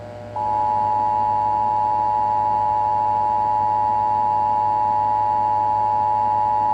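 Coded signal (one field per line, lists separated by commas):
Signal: Emergency Alert System (SAME) tones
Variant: 853 and 960 Hz attention tone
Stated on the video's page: Severe thunderstorm warning from an alarm clock radio, recorded by phone held too close, sometimes distorted.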